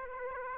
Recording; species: mosquito wingbeat signal from an infrared sensor; Aedes aegypti